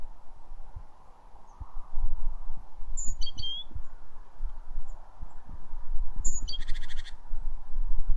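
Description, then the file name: Great tit calls, two brief phrases of a high piercing note then quick lower chirps, the second followed by a buzzy rattle, over loud low rumbling noise. "Parus major"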